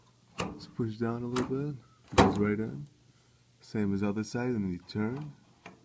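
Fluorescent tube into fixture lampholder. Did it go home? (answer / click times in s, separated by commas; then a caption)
yes / 5.7 s. A T8 fluorescent tube has its pins pushed down into the sockets and is then rotated so it locks into the plastic lampholders of the fixture. Someone talks through most of the clip. A short tick at 5.7 s marks the tube twisting and seating into the lampholder.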